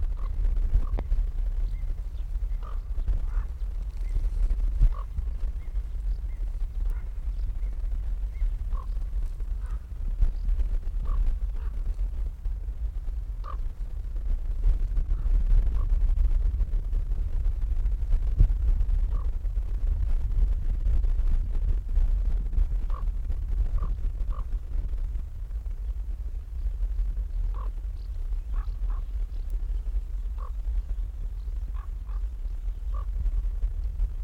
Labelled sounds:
Upland Field Grasshopper (Chorthippus apricarius) stridulation

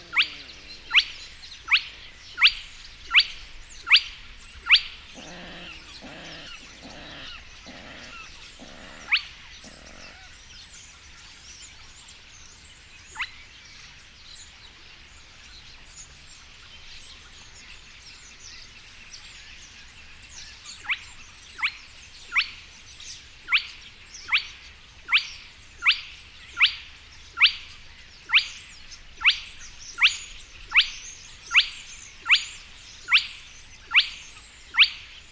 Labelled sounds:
Spotted Crake (Porzana porzana)

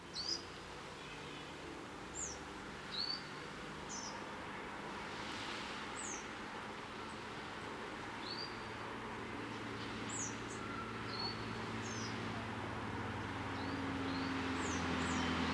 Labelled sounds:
European Greenfinch (Chloris chloris) call

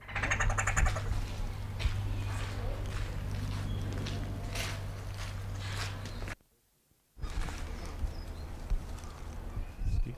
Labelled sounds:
Western Plantain-eater (Crinifer piscator) call

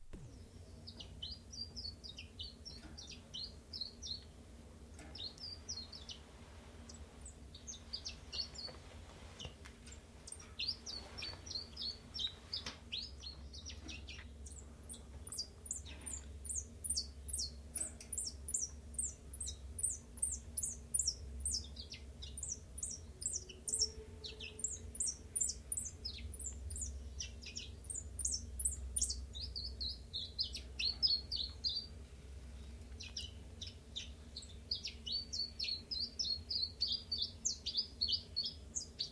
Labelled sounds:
Common Chiffchaff (Phylloscopus collybita)

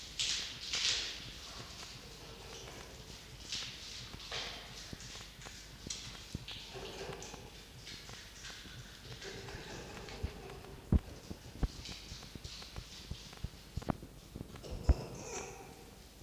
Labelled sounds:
Red Fox (Vulpes vulpes)

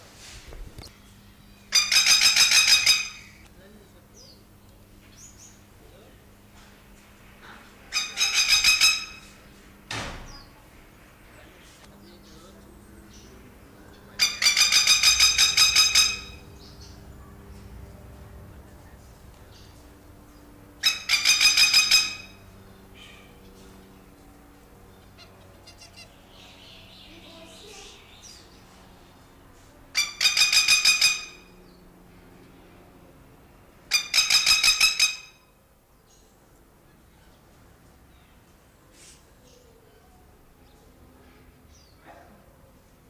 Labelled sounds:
Masked Lapwing (Vanellus miles) call

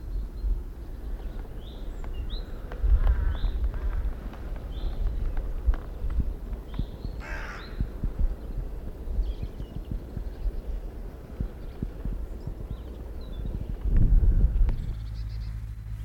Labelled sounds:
Hooded Crow (Corvus cornix) call

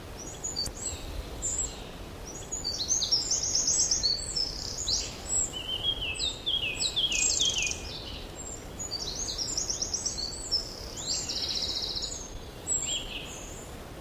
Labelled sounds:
Eurasian Wren (Troglodytes troglodytes) song

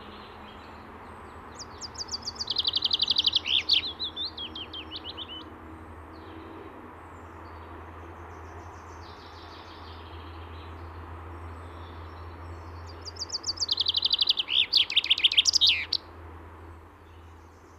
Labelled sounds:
Common Chaffinch (Fringilla coelebs) song

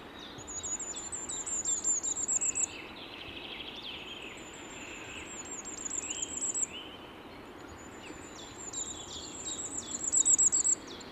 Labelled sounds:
Common Firecrest (Regulus ignicapilla) song

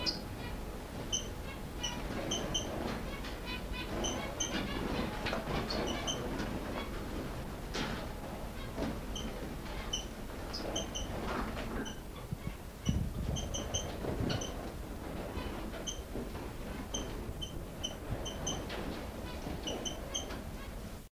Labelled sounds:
Crimson Finch (Neochmia phaeton) call

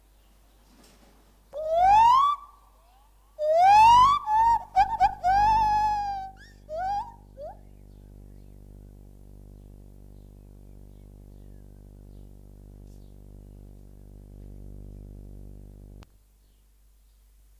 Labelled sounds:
Lar Gibbon (Hylobates lar) call

